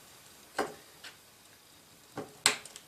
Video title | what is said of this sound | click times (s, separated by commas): Upgrading A PC: Installing A Motherboard | there we go you hear it snap in it's ready to go | 2.5 s